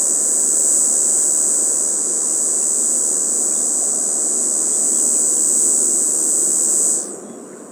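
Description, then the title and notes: Cicada song, a continuous high-pitched buzzing drone sustained for about seven seconds before stopping abruptly, leaving faint background hiss. Song with a rhythm unlike the red cicada, picked up with a parabolic microphone in the morning of 18 July 2018 at Les Vigneaux, Hautes-Alpes, France. "18 juillet 2018-Les Vigneaux - Hautes Alpes Rencontre avec la Cigale quadrisignée (Tibicina quadrisignata)"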